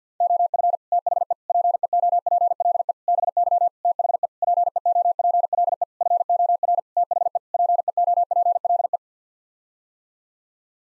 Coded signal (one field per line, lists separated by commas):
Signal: Morse code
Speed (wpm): 49 wpm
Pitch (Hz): 700 Hz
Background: none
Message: OF THE PEOPLE BY THE PEOPLE FOR THE PEOPLE